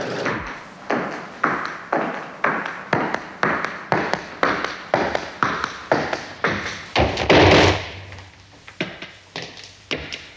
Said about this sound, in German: Die hören jetzt schon unsere Schritte.